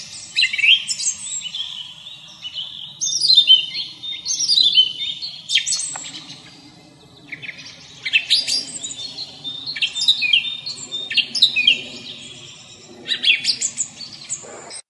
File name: drozd pevchijj